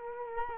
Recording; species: mosquito wingbeat signal from an infrared sensor; Culex quinquefasciatus